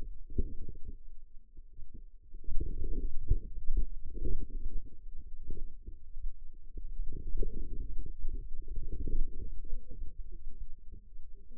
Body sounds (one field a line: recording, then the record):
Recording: forearm muscle sounds (acoustic myography)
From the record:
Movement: outward rotation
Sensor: system 2, bracelet of six BSWA MPA416 microphones around the upper forearm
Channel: 5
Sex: female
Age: 21 years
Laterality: right